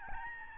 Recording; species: mosquito wingbeat signal from an infrared sensor; Aedes albopictus